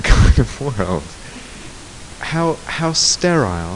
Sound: laughter